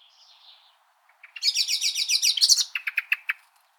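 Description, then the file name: Common blackbird with a soft note, then a loud, rapid rattling chatter that breaks into several sharp, separate clicks. "Turdus merula"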